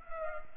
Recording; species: mosquito wingbeat signal from an infrared sensor; Culex pipiens